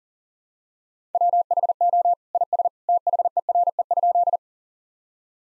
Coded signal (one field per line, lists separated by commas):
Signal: Morse code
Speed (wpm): 40 wpm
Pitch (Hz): 700 Hz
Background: none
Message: WHO IS THERE?